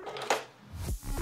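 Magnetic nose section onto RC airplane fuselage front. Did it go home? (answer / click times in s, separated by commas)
yes / 0.3 s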